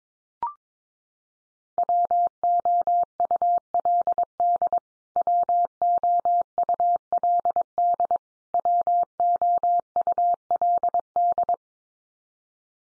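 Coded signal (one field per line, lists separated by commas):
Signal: Morse code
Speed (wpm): 22 wpm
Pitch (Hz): 700 Hz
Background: none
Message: WOULD WOULD WOULD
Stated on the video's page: Practice drill of the 100 most common English words, each sent three times at 22wpm, then sent again.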